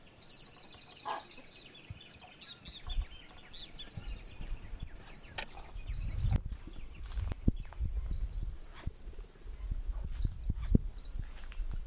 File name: White throated kingbird